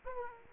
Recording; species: mosquito wingbeat signal from an infrared sensor; Aedes aegypti